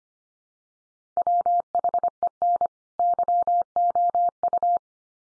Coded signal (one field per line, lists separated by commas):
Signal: Morse code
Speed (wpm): 25 wpm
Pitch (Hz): 700 Hz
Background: none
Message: WHEN YOU